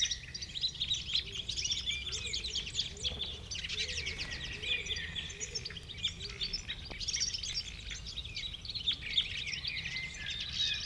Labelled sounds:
Red Crossbill song

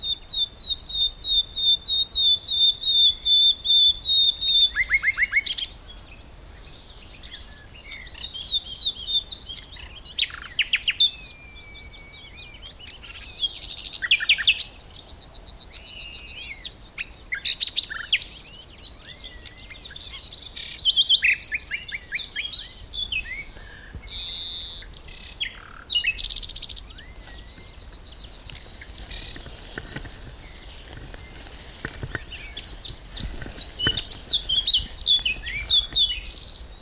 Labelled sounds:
Eurasian Blackcap song

